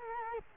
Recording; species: mosquito wingbeat signal from an infrared sensor; Culex quinquefasciatus